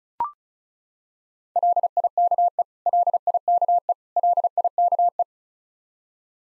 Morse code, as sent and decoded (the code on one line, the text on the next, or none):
.-.. .. -.- . / .-.. .. -.- . / .-.. .. -.- .
LIKE LIKE LIKE